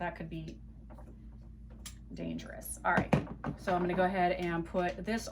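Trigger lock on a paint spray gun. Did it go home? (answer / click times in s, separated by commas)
yes / 1.9 s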